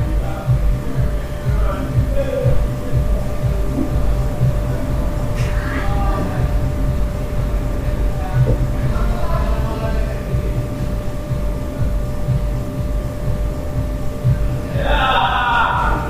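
Noises in a hostel room in Central America: a dense, steady low rumble runs throughout, with a constant high whine on top. Faint voices and small knocks come and go, and near the end a brighter, harsher burst breaks in for about a second.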